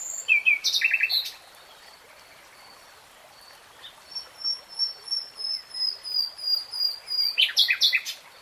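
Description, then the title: Nightingale song: short fast burst of repeated notes, then a sustained series of thin high whistles swelling in a steady rhythm before harsher notes end it. Nightingale singing in real time. "[Tiếng chim hót] 3 Hours REALTIME Nightingale Singing"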